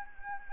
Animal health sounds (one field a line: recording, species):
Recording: mosquito wingbeat signal from an infrared sensor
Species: Anopheles arabiensis